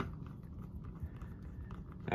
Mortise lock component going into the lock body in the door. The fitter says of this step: Actually, it's not all the way in, but I can tell you, as soon as I tighten this down, you're gonna hear it snap in.